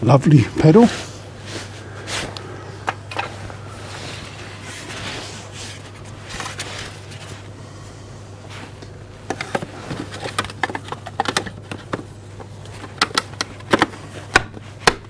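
Someone talks while handling a plastic cover for a motorcycle brake reservoir during a brake fluid change, after testing the brake pedal. A low steady hum runs underneath, and a series of sharp knocks sounds from about 13.0 to 14.9 s as the cover is pressed on. Nothing has snapped into place or seated yet when the clip ends.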